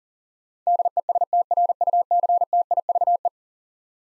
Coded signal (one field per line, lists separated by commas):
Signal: Morse code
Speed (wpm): 37 wpm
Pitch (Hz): 700 Hz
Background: none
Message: DESTRUCTIVE